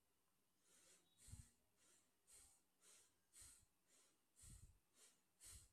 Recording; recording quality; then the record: shallow breathing; excellent, no background noise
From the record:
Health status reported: healthy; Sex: male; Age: 21 years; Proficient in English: yes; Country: India